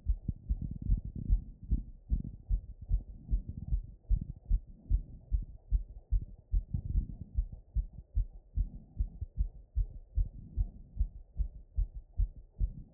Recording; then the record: heart sounds by stethoscope after running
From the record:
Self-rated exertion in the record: very light exertion (1 of 6); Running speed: 6 mph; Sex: male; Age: 18 years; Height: 179 cm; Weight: 72 kg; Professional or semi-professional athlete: no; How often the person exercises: 3 to 5 times a week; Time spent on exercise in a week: 3 to 4 hours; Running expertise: yes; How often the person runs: under once a week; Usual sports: weight training, basketball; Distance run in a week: 1 km